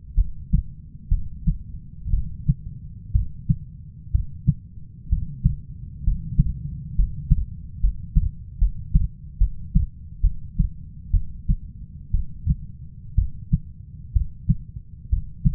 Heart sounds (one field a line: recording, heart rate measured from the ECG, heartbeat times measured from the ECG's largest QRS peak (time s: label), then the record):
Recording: heart sounds by stethoscope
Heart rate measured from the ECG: 64 bpm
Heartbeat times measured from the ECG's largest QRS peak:
0.15 s: heartbeat
1.09 s: heartbeat
2.11 s: heartbeat
3.12 s: heartbeat
4.12 s: heartbeat
5.09 s: heartbeat
6.04 s: heartbeat
6.96 s: heartbeat
7.80 s: heartbeat
8.59 s: heartbeat
9.38 s: heartbeat
10.21 s: heartbeat
11.11 s: heartbeat
12.11 s: heartbeat
13.15 s: heartbeat
14.13 s: heartbeat
15.10 s: heartbeat
From the record:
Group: healthy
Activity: cold pressor test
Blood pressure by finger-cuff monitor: 148/68 mmHg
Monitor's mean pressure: 95 mmHg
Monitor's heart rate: 63 bpm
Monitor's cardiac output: 6.7 L/min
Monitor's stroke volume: 106 mL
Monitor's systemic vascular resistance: 1050 dyn s/cm5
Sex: female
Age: 37 years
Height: 168 cm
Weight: 70 kg